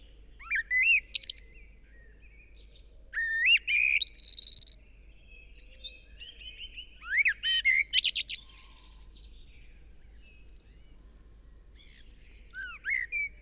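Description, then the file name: Eurasian blackbird singing four separate phrases of mellow fluted whistles and thin, squeaky high twitters, with pauses between phrases. "Turdus merula"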